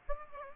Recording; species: mosquito wingbeat signal from an infrared sensor; Aedes aegypti